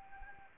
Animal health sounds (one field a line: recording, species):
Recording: mosquito wingbeat signal from an infrared sensor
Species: Anopheles arabiensis